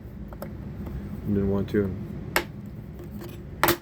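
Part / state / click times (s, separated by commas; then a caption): insert ring into router table plate opening / seated / 3.6 s. A plastic insert ring is pressed into the opening of a Ryobi router table top after it first would not go in, while someone talks. A sharp tap sounds at about 2.4 s, then the ring snaps into place with a crisp click at 3.6 s, seated.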